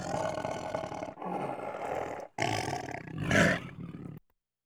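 Tiger growling in long rough rumbling bursts, three main phrases separated by short pauses, the last swelling louder before silence.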